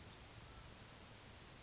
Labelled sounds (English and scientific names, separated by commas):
California Towhee (Melozone crissalis)